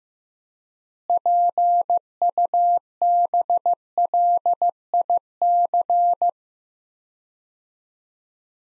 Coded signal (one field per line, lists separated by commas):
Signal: Morse code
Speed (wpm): 15 wpm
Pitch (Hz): 700 Hz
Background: none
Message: PUBLIC